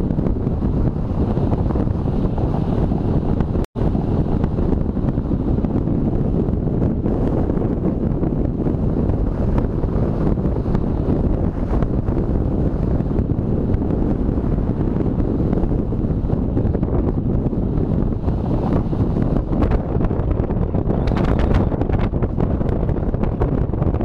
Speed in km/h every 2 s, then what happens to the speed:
23, 23, 24, 23, 23, 23, 23, 23, 23, 23, 22, 22.
0-24 steady at about 23.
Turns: none.